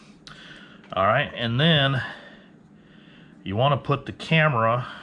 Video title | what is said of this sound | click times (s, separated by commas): GoPro 10 My First Week! | intended to be waterproof so it snaps in place | 0.3 s